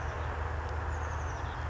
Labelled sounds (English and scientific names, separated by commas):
Oak Titmouse (Baeolophus inornatus)